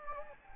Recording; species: mosquito wingbeat signal from an infrared sensor; Anopheles gambiae